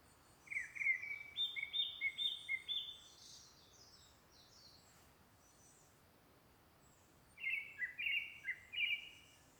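Bird song, a series of short, clear whistled notes stepping upward, then a second matching burst after a pause, over steady background hiss.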